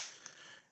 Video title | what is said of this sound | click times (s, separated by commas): Ring jobsite security spotlight cam with battery | so this goes inside like this it locks into place | 0.3 s